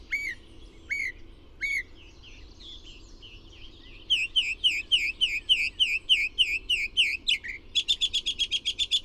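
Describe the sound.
Bird singing: a few sharp slurred notes, a soft warbled passage, then quick repeated chirps ending in a fast, high trill.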